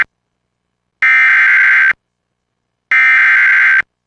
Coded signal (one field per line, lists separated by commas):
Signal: Emergency Alert System (SAME) tones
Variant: header bursts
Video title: Severe Thunderstorm Warning on WDFA The Blizzard. (EAS #2)